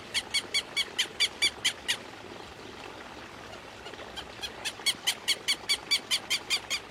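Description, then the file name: Southern lapwing calling in two bursts of quick, sharp, ringing notes separated by a pause of about two seconds. "canto do quero quero"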